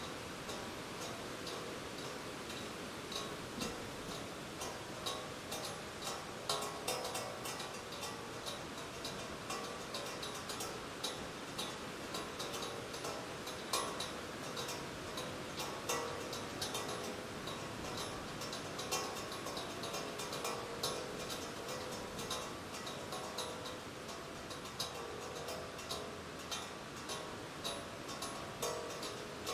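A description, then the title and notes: An aluminum flagpole knocks and rings steadily in the wind, with frequent light, bright clinks spaced irregularly, a few per second. Faint metallic ringing lingers between strikes over a constant hiss of wind and low rumble. An early morning walk through Wolf's Prairie Park during high winds. The aluminum flagpole next to the Jesuit Mission marker.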